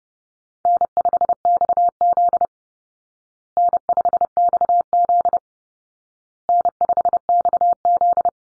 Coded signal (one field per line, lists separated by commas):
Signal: Morse code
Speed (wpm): 28 wpm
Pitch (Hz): 700 Hz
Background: none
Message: N5XZ N5XZ N5XZ